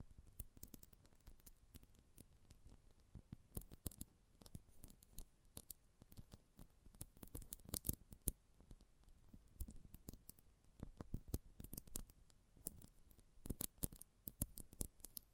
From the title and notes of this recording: ASMR Close Up Metallic Sounds (No Talking).